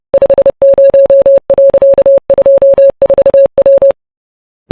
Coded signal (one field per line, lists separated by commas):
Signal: Morse code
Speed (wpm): 30 wpm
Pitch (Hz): 550 Hz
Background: none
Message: 50.24W